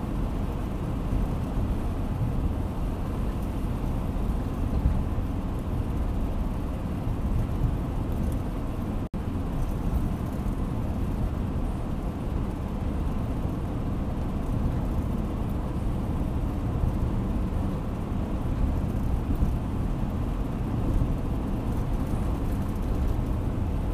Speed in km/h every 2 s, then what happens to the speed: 91, 91, 91, 91, 91, 91, 92, 91, 91, 91, 91, 92.
0-24 steady at about 91.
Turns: none.